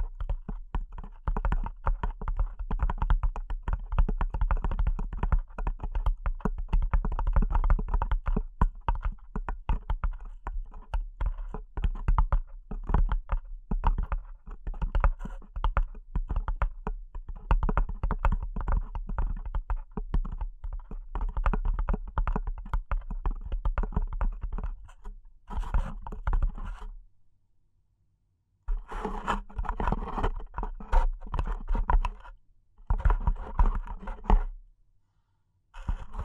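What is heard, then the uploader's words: Delicate tapping, dense and rapid like typing on a keyboard, runs steadily for about 25 seconds, then continues in shorter bursts separated by silences. ASMR Delicate Tapping (No Talking).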